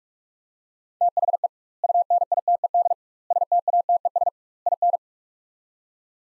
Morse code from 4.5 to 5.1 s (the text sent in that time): IN